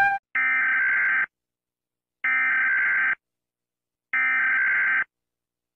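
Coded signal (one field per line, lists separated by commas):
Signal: Emergency Alert System (SAME) tones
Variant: header bursts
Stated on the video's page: Fictional EAS scenario.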